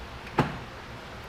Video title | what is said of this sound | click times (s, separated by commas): etrailer - Mount: Kuat NV 2.0 Base Bike Rack for 2 Bikes on a 2021 Dodge Durango | you can feel that click into place and with the amount of bike racks that i've worked on | 0.4 s